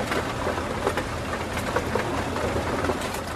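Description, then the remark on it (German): Coal chunks crackle and rattle as they pass through a grinding mill and are ground, a dense, steady clatter of small impacts over a continuous low mechanical rumble, loud and unbroken throughout, with no voices. “Was Sie jetzt hier prasseln hören, das sind die Kohlestücken, die jetzt hier durch die Mühle gehen und dann also dort gemahlen werden, wie in der Kaffeemaschine, so ähnlich.”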